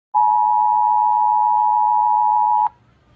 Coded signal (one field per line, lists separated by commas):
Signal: Emergency Alert System (SAME) tones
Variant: 853 and 960 Hz attention tone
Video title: Nuevo León, Mexico EAS Alarm (Full)